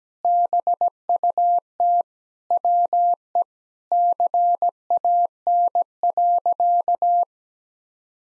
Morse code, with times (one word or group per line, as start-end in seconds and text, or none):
0.2-2.0 BUT
2.5-3.4 WE
3.9-7.2 CAN.